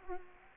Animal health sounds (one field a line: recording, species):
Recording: mosquito wingbeat signal from an infrared sensor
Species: Culex quinquefasciatus